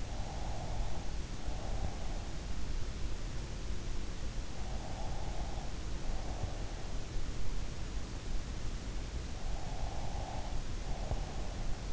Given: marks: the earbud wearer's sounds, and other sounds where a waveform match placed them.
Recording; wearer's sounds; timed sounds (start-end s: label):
sounds in sleep by an in-ear microphone; breath
0.00-2.39 s: breath
4.82-7.31 s: breath
9.30-11.93 s: breath